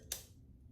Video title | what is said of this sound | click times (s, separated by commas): CHZUL Cavex Spotlight | And I'll snap right in there. | 0.1 s